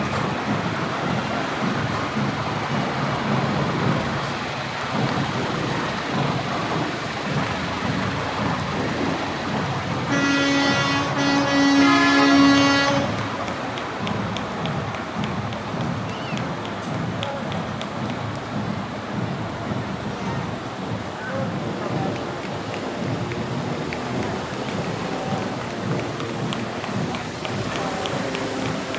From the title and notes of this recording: Listen to the soundscape of the Memorial Day parade on College Ave in Downtown Appleton.